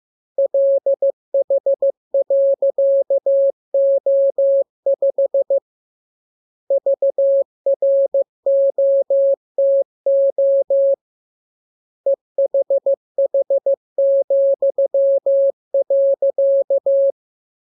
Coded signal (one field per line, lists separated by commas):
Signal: Morse code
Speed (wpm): 15 wpm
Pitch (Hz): 550 Hz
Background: none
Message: LH.O5 VROTO EHH,.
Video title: Learning Morse Code. Lesson 30. Letter KMURESNAPTLWI.JZ=FOY,VG5/Q92H38